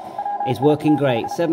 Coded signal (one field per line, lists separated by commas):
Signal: Morse code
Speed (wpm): 34 wpm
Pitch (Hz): 810 Hz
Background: speech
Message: WITH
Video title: XIEGU - X6100 - CW DECODE FIXED - Working Well :)Firmware v1.1.5